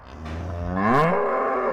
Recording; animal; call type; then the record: contact call of a hoofed animal; cattle; low-frequency (closed-mouth) or high-frequency (open-mouth) call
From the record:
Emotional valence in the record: negative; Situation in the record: full separation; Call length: 1.73 s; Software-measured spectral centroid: 1220 Hz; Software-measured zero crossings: 1210 a second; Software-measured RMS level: -23 dBFS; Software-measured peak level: -8 dBFS